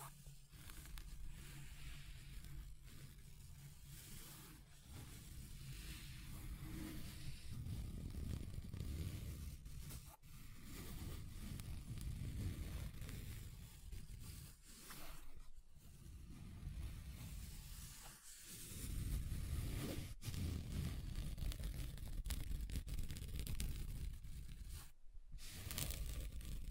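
Something scratches across a table in a steady, rough, grinding stroke with a heavy low rumble beneath a hissy upper layer. The sound runs almost continuously, broken by brief pauses near 10, 15, 20 and 25 seconds, and grows louder after about 18 seconds.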